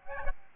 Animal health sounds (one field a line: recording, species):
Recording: mosquito wingbeat signal from an infrared sensor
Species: Aedes albopictus